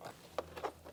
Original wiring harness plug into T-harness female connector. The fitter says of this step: teen harness so plug that all the way till it clicks